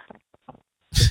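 A single loud, harsh cough burst at the end, after brief faint murmuring over a phone line; a really bad cough from an adult caller.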